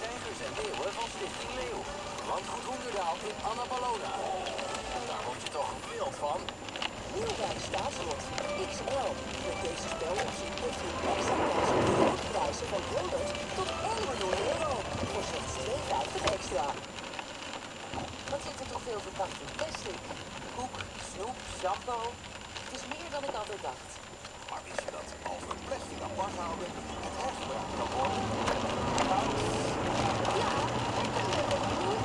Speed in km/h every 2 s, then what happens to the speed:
28, 27, 29, 35, 42, 47, 47, 44, 32, 28, 23, 17, 18, 32, 57, 57.
3-9 speeds up to 47. 13-23 slows to 17. 23-28 speeds up to 57.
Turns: none.